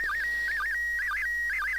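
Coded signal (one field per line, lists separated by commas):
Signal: SSTV (slow-scan television)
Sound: steady high whistle broken every half second by warbling chirps and short low blips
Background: radio static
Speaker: and uh as you can see there the slant uh is due to the dopple shift uh the frequency changes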